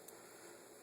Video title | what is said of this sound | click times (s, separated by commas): view of the new 2011 Taurus M380 revolver | pull the old round out, the new rounds are easy to slip in. They just snap right in. | 0.1 s